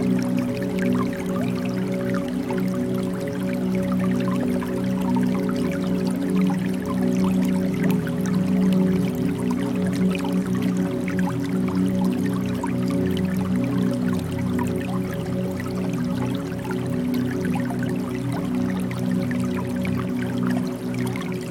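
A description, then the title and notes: A bamboo water fountain trickles steadily with dense, fine drips and splashes scattered evenly through the full 22 seconds. Underneath sits a constant low hum with a few steady tones, like a pump. The level stays even throughout, unchanging. Zen Garden Ambience Bamboo Water Fountain White Noise.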